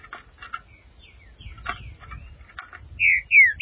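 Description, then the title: Green-winged saltator song: soft buzzy chips over low rumble, then two loud clear falling whistles at the end. "Trinca Ferro"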